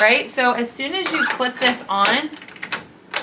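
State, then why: Seated. A hat hoop frame is pushed onto the cap driver of a Ricoma MT-1501 embroidery machine so its fasteners clip on, while someone talks. Sharp clicks at 2.6 s and 2.7 s mark the frame seating, after which it should not move at all.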